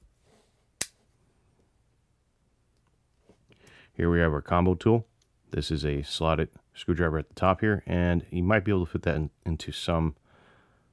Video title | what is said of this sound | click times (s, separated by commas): Victorinox Swiss Tool - Swiss Army knife Heavy Duty | and it locks into place here here | 0.8 s